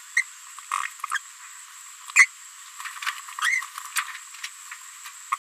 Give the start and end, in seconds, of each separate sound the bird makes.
0.16-0.24, 0.71-0.87, 1.10-1.19, 2.15-2.29, 3.41-3.62, 4.43-4.46, 5.04-5.09, 5.32-5.37